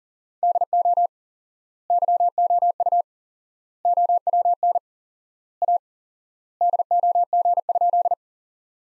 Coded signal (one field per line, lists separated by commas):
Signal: Morse code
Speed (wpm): 40 wpm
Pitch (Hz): 700 Hz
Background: none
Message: DO YOU OWN A DOG?